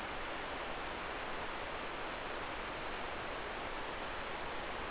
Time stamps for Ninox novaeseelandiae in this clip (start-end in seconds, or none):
none